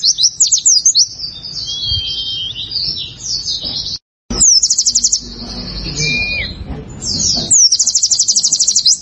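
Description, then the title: Prinia song: high, rapid buzzy trills and chattering note series, broken by two brief low whistled notes and a short silent gap. "Ciblek Sawah"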